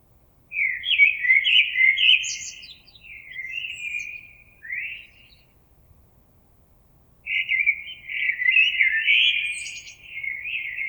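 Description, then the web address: Common blackbird song, two rich warbled phrases with scratchy high notes, a quiet gap between them. Recorded 26 April 2022. "oiseaux Merle 2022 04 26"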